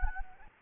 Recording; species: mosquito wingbeat signal from an infrared sensor; Anopheles gambiae